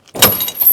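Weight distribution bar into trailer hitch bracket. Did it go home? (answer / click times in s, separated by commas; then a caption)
yes / 0.2 s. A steel weight distribution bar on a Husky trailer hitch, which has a pin clip on the front, is pushed up into its bracket. A faint sound comes at 0.1 s, then a loud metallic snap at 0.2 s followed by a ringing tail. The bar seats in its bracket.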